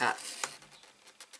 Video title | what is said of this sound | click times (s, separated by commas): Dutch Fold Card Stampin' Up! | up till it clicks there we go | 0.4 s